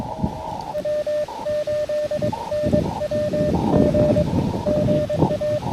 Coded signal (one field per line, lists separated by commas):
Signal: Morse code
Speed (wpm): 21 wpm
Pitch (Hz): 590 Hz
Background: none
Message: W8NWG GA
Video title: Cap Tourmente: Can I Complete a QRP CW POTA Activation Before the Park Closes?